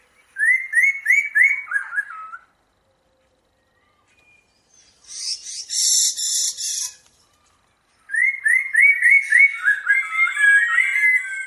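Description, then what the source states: Bird song in quick whistled phrases of rising notes, broken by a harsh buzzy burst in the middle before the whistled run resumes. Bird song compiled as a master for training songbirds to sing.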